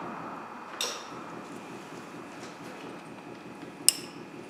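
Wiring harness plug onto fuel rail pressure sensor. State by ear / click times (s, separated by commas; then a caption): seated / 3.9 s. A wiring harness plug is pushed onto the replaced fuel rail pressure sensor on a 2004–2005 Ford Explorer. A softer knock comes at about 0.8 s, then a single sharp, loud click at 3.9 s as the electrical connector snaps home and seats, over a low steady background hum.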